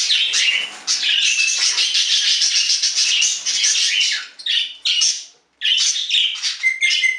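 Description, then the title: Budgerigar chatter, dense and scratchy, running almost without a break, then broken by short gaps and resuming with a whistled note near the end. "Budgie Sounds"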